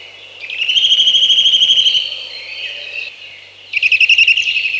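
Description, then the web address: Eurasian nuthatch song: a fast trill of rapid piping notes held for over a second, then another quick burst of repeated whistles after a short pause. "Przyroda Ptaki Kowalik"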